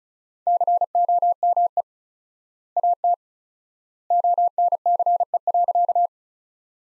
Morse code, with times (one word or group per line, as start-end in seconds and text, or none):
0.5-1.8 COME
2.8-3.1 AT
4.1-6.1 ONCE.